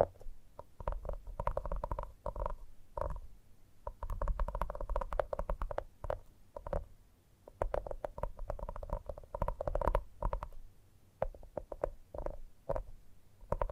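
Gentle tapping in quick, uneven bursts, each tap ringing with a soft hollow tone in the middle range over a dull low thud. The runs of taps come in clusters lasting a few seconds, with brief quiet gaps near 4, 7 and 11 seconds.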